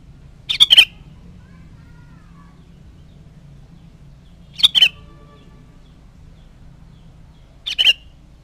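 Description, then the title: Sooty-headed bulbul giving three brief chirped bursts, roughly every three to four seconds, over a low hum. "Kutilang"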